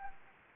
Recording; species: mosquito wingbeat signal from an infrared sensor; Anopheles gambiae